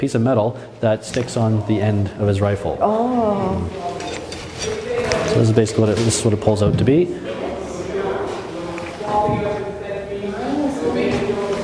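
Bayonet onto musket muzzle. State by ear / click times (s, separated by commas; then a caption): not seated / none. At a fort demonstration, a guide handles a steel bayonet at the end of a musket, preparing it to lock onto the muzzle, while someone talks throughout. Brief sharp sounds occur around 4.3, 5.1 and 8.8 seconds. The clip ends before the bayonet goes home; nothing has seated or clicked yet.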